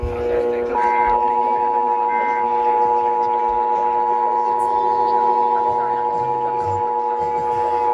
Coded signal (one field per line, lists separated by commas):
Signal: Emergency Alert System (SAME) tones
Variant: 853 and 960 Hz attention tone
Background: speech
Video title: Los Angeles Required Monthly Tests (EAS #1058-#1070)